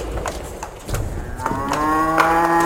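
A cow gives one long, drawn-out moo that swells in the second half and holds a steady, droning pitch. Soft thumps and shuffling come before it.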